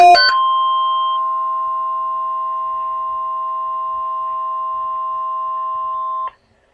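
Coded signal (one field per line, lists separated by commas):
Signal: Emergency Alert System (SAME) tones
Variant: 1050 Hz attention tone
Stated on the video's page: EAS tones for a severe thunderstorm watch expansion to a Pennsylvania county.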